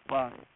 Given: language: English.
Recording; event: throat vibration sensor signal played as sound; speech